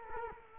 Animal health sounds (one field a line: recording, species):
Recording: mosquito wingbeat signal from an infrared sensor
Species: Culex quinquefasciatus